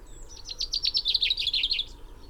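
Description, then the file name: Common chaffinch song: a quick, rattling trill of repeated notes running downward for nearly two seconds, ending in a brief flourish. "Fringilla coelebs"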